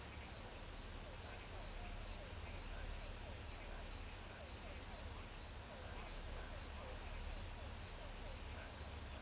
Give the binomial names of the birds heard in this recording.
none